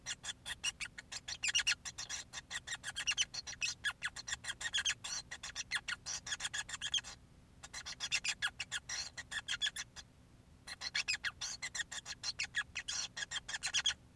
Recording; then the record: song of a male Bengalese finch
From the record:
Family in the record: son of father 5